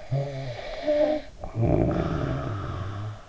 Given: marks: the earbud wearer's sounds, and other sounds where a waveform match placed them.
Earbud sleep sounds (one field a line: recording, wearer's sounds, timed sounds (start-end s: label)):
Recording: sounds in sleep by an in-ear microphone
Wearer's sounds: snoring breath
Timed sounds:
0.15-3.03 s: snoring breath